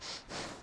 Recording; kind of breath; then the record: one breath in and out by a microphone near the nose and mouth; strong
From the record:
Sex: male